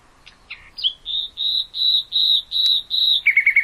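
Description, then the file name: Nightingale song phrase: a series of pure whistled notes repeated about three per second, swelling louder, ending in a quick run of lower, rapid notes. "nachtigall"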